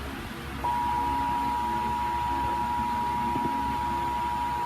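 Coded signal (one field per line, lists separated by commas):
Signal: Emergency Alert System (SAME) tones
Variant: 853 and 960 Hz attention tone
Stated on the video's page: Flash Flood Warning for San Bernardino County, CA and Clark County, NV, carried on Charter Spectrum cable TV.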